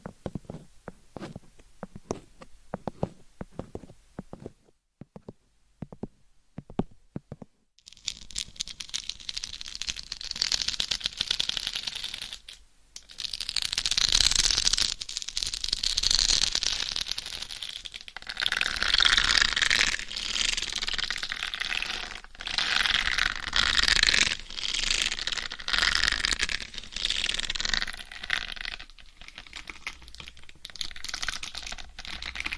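Nails tap and scratch on a microphone cover. The first eight seconds are sparse, sharp taps with a brief silence. Then come dense, rough scratching and rubbing, bright and hissy, in long swells with short pauses near 13 and 29 seconds.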